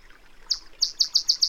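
Bird song: a run of high, sharp chirped notes repeated evenly several times a second, clear over faint background hiss.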